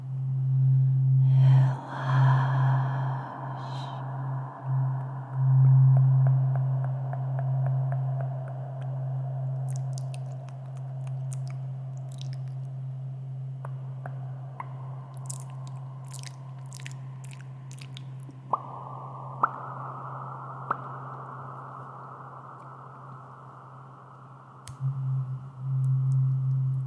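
Intense ASMR with mouth sounds and a tuning fork. A steady low hum runs throughout, swelling louder in the first seconds and again near the end, while wet clicks and crisp ticks scatter across the middle and a faint higher tone steps up near 19 seconds.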